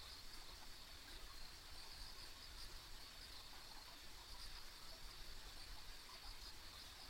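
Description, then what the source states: Insect chorus of sustained high trilling with scattered flecks of sound, backed by an even low rumble. Ambient insect sounds recorded on a rural country road.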